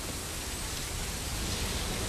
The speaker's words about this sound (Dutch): De wind. De druppels. Ja, druppels horen we.